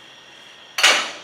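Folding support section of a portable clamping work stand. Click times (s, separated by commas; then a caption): 0.8 s. A folding support section on the underside of a Rockwell Jawhorse portable clamping work stand, made of metal and plastic, is flipped up and pushed into position. After a quiet stretch, a sharp, bright snap rings out at 0.8 s and fades over the rest of the clip. The section is seated, locked in place.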